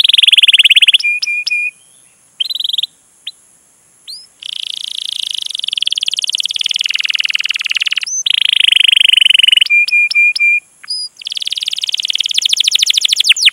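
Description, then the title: Canary song of long rolling trills and buzzy passages, interrupted by short clipped repeated tones and brief silences, ending in fast chirping. Lure recording played to prompt canaries to sing, a long continuous energetic (gacor) song used as a master tutor. "PANCINGAN Kenari GACOR PANJANG. Pancingan Gacor Masteran"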